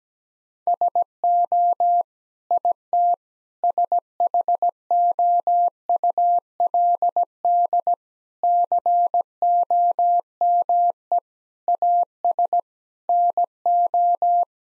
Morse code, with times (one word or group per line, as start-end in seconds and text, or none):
0.7-2.0 SO
2.5-3.1 IT
3.6-7.9 SHOULD
8.4-11.2 COME
11.7-12.6 AS
13.1-14.4 NO